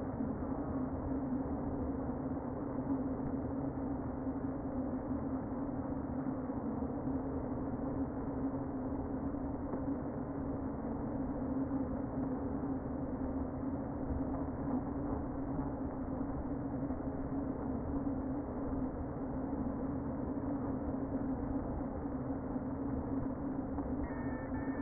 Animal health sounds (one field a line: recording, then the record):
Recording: honeybee colony, microphone inside the hive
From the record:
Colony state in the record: queen present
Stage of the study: before two queens were removed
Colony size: about 60,000 bees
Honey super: yes